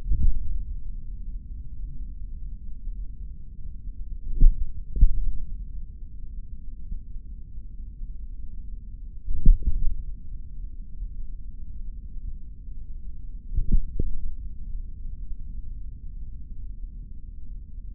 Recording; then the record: forearm muscle sounds (acoustic myography)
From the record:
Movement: tripod grip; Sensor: system 3, bracelet of six PUI Audio POM-2738L microphones around the upper forearm, with dedicated amplification and filtering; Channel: 2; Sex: male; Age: 26 years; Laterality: right